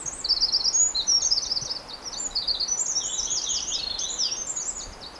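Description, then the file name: Eurasian wren song of fast, high, tumbling trills and sharp twitters, starting loud and tailing off slightly, over steady low background noise. "Troglodytes troglodytes"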